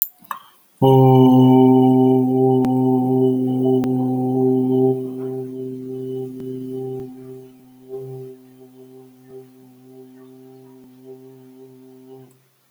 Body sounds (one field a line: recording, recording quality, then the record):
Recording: sustained vowel as in boot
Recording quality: excellent, no background noise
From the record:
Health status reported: exposed to COVID-19, no respiratory illness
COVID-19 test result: not tested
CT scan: not taken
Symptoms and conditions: none ticked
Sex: male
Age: 42 years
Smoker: no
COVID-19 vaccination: none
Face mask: not worn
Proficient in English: yes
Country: India